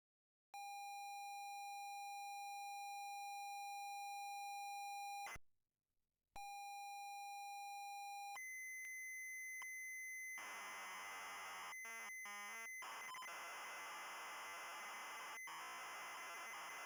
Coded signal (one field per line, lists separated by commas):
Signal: ZX Spectrum tape loading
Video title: ZX Spectrum MIA Preview / Episode 5 / Pot-Pourri - JRS Software